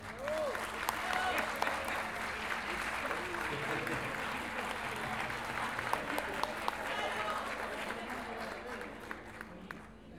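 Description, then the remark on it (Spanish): A crowd applauds steadily for about ten seconds for the payadores who just performed at an event in Lo Barnechea, a dense wash of clapping with scattered cheers and voices mixed in, holding at an even loudness throughout. “Un aplauso a los que estuvieron recién.”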